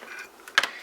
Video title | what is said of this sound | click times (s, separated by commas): Servicing an Emerson Rittenhouse Model C8846R 8-Note Electronic Door Chime Base | snap the little board down now since the little board is only held with one and | 0.6 s